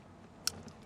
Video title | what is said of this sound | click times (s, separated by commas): etrailer - Redarc Tow-Pro Liberty Brake Controller Installation - 2021 Hyundai Palisade | I'm going to go ahead and get this plugged in to our Factory wire here should hear a nice snap | 0.5 s